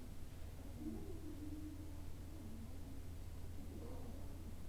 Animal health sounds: poultry house recording; no chicken sound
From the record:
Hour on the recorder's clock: 17

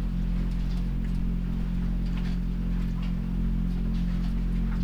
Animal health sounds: poultry house recording; sick chickens (respiratory disease)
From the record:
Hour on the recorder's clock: 1

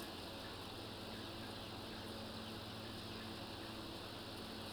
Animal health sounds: poultry house recording; healthy chickens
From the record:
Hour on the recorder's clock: 10

